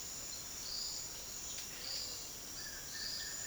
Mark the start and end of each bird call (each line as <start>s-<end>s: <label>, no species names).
2.57s-3.47s: bird call